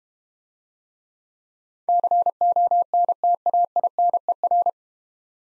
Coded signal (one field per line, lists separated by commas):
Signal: Morse code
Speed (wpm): 32 wpm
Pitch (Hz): 700 Hz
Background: none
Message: CONTAINER